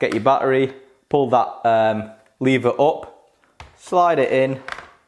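Someone talks while handling the battery pack for a Shark Cordless Anti Hair Wrap Powered LiftAway vacuum (2021), getting it ready to slide into the vacuum's main unit with the lever pulled up. Only speech is heard, and nothing has seated or clicked yet.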